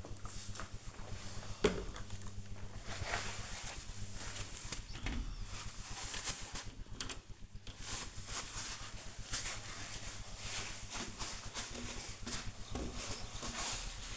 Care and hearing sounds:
household activities, microphone on the right wrist
0.00-14.17 s: window cleaning

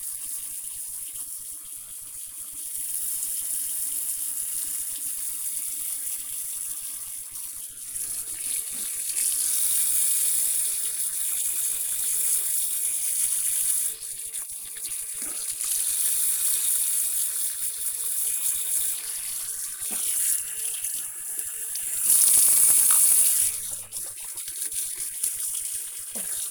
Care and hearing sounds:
household activities, microphone on the right wrist
0.00-26.51 s: brushing teeth

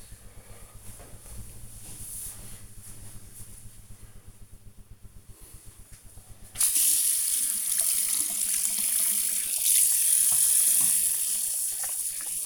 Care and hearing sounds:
household activities, microphone on the right wrist
4.81-12.46 s: washing hands

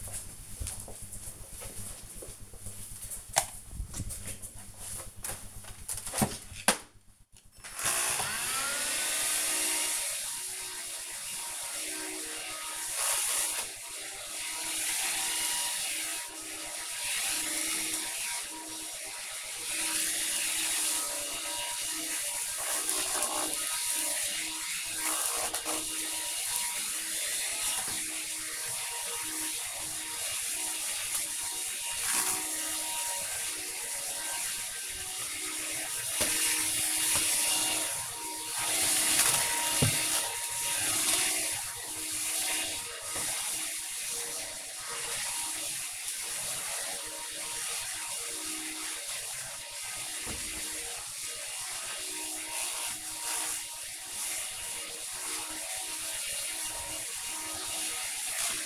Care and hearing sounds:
household activities, microphone on the right wrist
5.83-58.66 s: vacuum cleaning

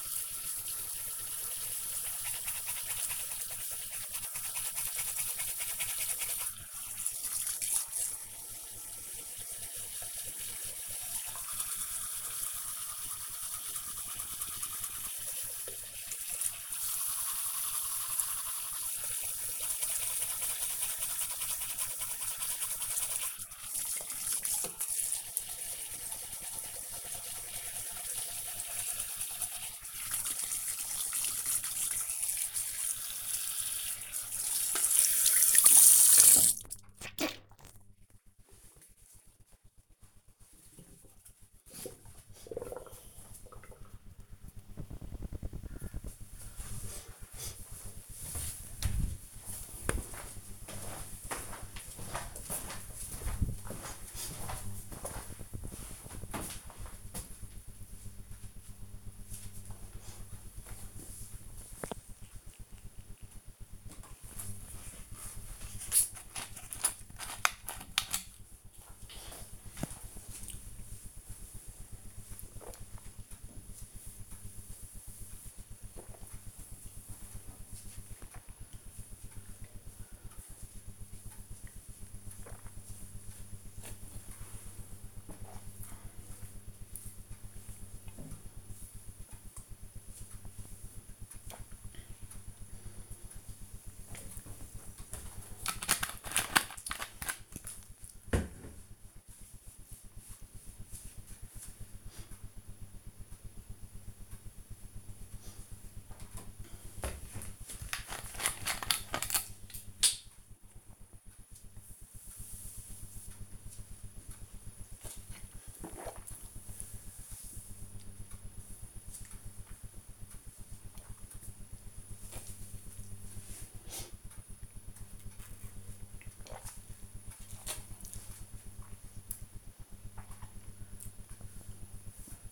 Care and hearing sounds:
household activities, microphone on the right wrist
0.00-38.05 s: brushing teeth
63.24-94.44 s: drinking
105.52-132.52 s: drinking

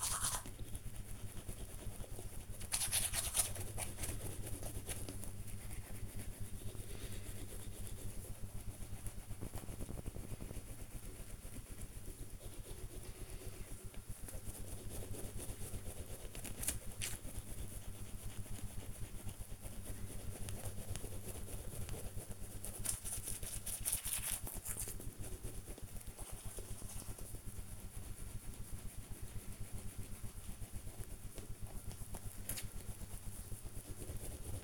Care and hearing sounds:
household activities, microphone on the right wrist
0.00-34.64 s: brushing teeth

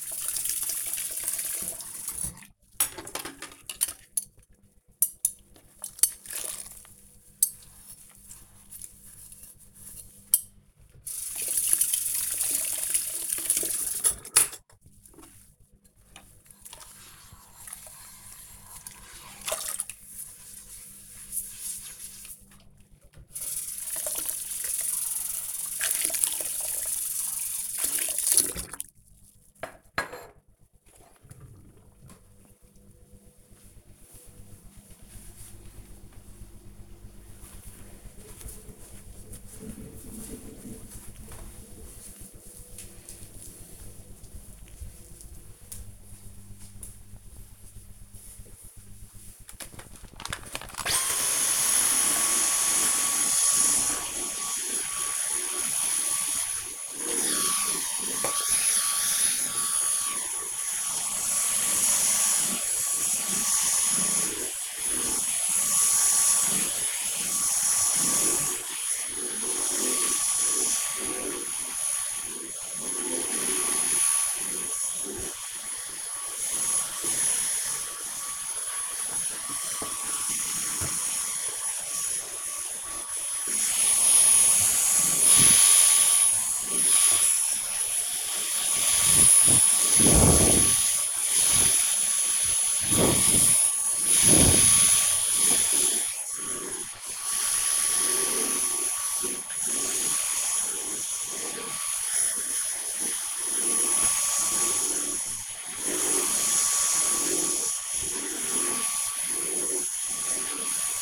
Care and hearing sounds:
household activities, microphone on the right wrist
0.00-31.68 s: washing dishes
49.82-111.01 s: vacuum cleaning

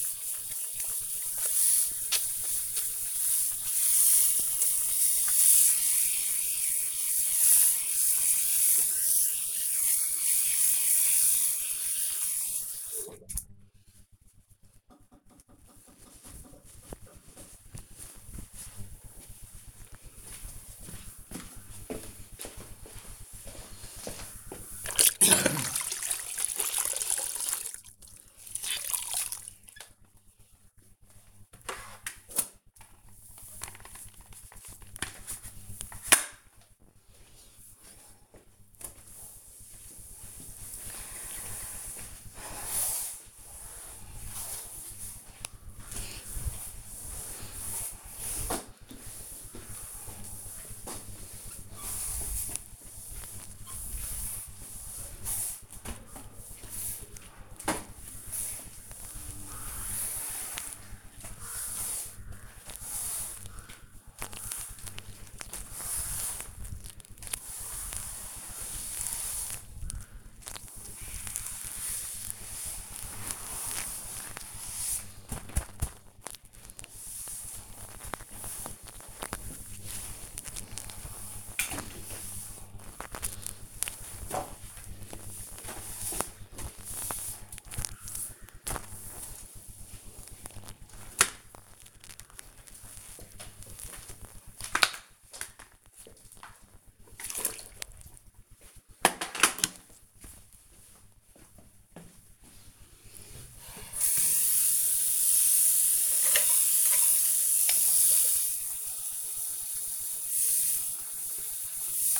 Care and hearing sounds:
household activities, microphone on the right wrist
0.00-15.17 s: washing hands
24.26-92.79 s: floor cleaning
103.88-112.20 s: brushing teeth

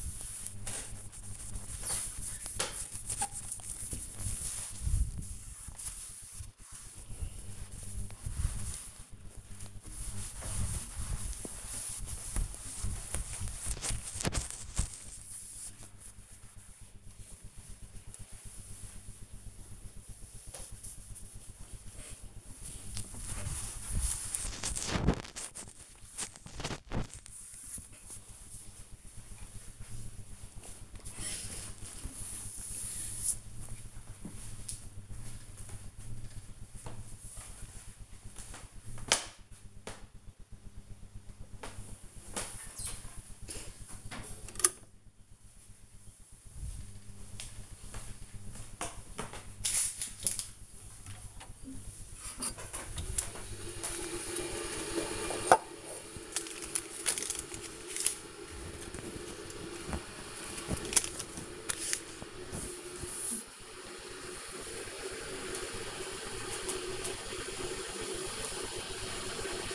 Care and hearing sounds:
household activities, microphone on the right wrist
0.00-30.32 s: window cleaning
40.36-69.74 s: making tea

